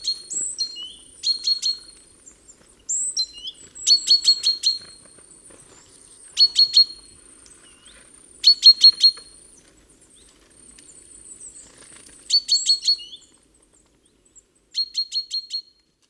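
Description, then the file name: Great tit calls in short bursts of rapid, harsh chattering notes, with high thin notes and quiet pauses between. "Parus major"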